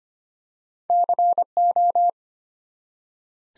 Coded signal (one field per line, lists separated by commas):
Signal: Morse code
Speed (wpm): 25 wpm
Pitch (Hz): 700 Hz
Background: none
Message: CO